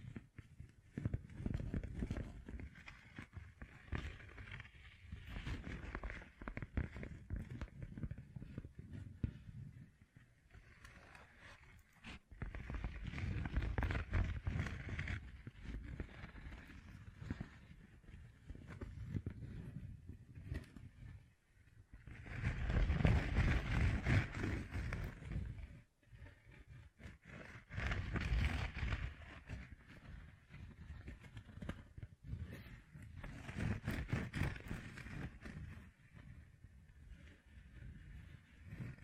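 Fingertips covered in gems scratch and tap in long dense bursts, a rough rasping texture with a heavy low rumble underneath. Brief pauses break the scratching near 10, 21 and 26 seconds, and the loudest stretch comes around 23 seconds.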